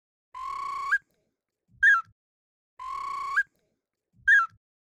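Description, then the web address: Bird song: a long, steady whistled note that lifts at the end, then a short, falling note. The pair comes twice, with silence between. "big fish audio Hip Hop Exotica. Birds"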